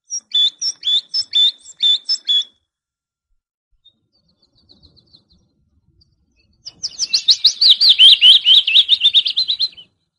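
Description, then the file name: Great tit song, a bright two-note phrase repeated quickly several times; after a pause, a long, dense burst of rapid high twittering follows. Masteran, a training recording for songbirds. "suara masteran great tit"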